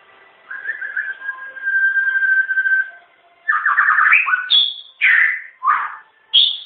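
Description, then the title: White-rumped shama: a long drawn whistle followed by loud rich bursts and sharp high notes. Wild, natural song from the forest. "Kicau Asli Murai Batu Hutan"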